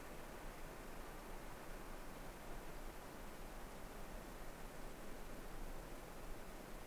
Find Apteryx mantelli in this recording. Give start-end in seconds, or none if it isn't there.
none